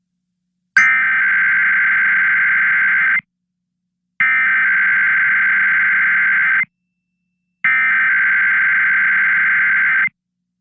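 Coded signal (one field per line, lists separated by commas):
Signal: Emergency Alert System (SAME) tones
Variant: header bursts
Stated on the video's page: Required Monthly Test, audio only, taken from a radio station broadcast.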